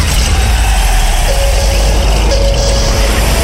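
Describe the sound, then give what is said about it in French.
A vehicle engine sound effect rumbles steadily and loudly throughout, a constant low idling drone with a thin, faint whine appearing briefly twice. No one speaks. “Je te laisse démarrer le moteur à question.”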